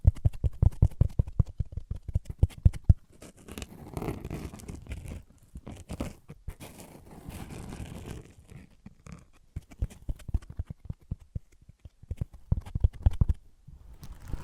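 Objects of wood, cork, sponge, foam, glass and plastic are knocked and rubbed against each other. The first three seconds bring quick, regular dull taps; a stretch of scraping and squeaky rubbing follows, and sharper taps return toward the end.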